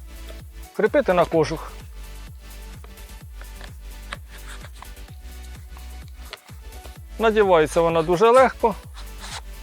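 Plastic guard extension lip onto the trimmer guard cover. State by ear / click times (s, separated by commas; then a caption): not seated / none. An extra plastic guard extension lip is handled and slid onto the plastic guard cover of a Grand ATG-21 2-in-1 cordless trimmer, to be pushed into its slot until it latches. Someone talks over background music while a few light handling ticks are heard, and nothing has seated or clicked yet.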